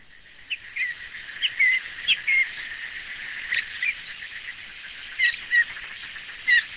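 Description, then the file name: Dusky thrush calling with brief, clipped whistles that slide downward, scattered irregularly through a constant background hiss. "tsugumi"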